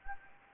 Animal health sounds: mosquito wingbeat signal from an infrared sensor; Anopheles gambiae

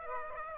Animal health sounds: mosquito wingbeat signal from an infrared sensor; Aedes aegypti

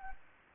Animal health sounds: mosquito wingbeat signal from an infrared sensor; Anopheles gambiae

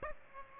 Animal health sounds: mosquito wingbeat signal from an infrared sensor; Aedes aegypti

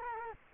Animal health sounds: mosquito wingbeat signal from an infrared sensor; Culex quinquefasciatus

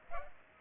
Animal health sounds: mosquito wingbeat signal from an infrared sensor; Culex pipiens

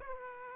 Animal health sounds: mosquito wingbeat signal from an infrared sensor; Aedes aegypti

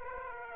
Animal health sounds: mosquito wingbeat signal from an infrared sensor; Aedes aegypti

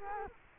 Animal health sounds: mosquito wingbeat signal from an infrared sensor; Culex quinquefasciatus

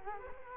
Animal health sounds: mosquito wingbeat signal from an infrared sensor; Culex quinquefasciatus

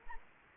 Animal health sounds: mosquito wingbeat signal from an infrared sensor; Anopheles arabiensis

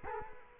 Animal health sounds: mosquito wingbeat signal from an infrared sensor; Culex quinquefasciatus

